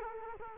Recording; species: mosquito wingbeat signal from an infrared sensor; Culex quinquefasciatus